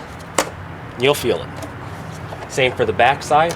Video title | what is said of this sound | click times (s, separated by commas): Battery Replacement (2001 Volkswagen New Beetle) (MK4) | feel it lock into place just like this | 0.4 s